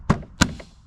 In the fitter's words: There she goes. Yep, there it is. Once you hear the pop, you're good.